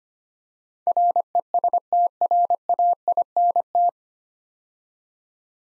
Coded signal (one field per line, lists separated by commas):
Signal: Morse code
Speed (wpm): 25 wpm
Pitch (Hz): 700 Hz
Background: none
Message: RESTRAINT